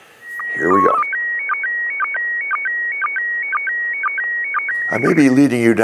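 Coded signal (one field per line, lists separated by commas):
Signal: SSTV (slow-scan television)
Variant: PD 120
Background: speech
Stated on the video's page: SSTV images transmitted from the ISS on 145.800 MHz, receivable on a two-meter radio or scanner with an HT, mobile or outdoor vertical antenna.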